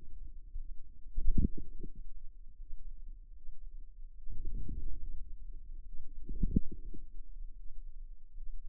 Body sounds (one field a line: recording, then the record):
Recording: forearm muscle sounds (acoustic myography)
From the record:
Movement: outward rotation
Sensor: system 2, bracelet of six BSWA MPA416 microphones around the upper forearm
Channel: 3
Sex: female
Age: 23 years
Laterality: right